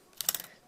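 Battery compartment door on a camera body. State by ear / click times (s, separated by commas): seated / 0.2 s, 0.3 s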